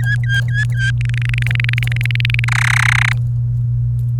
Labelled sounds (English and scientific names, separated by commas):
Domestic Canary (Serinus canaria) song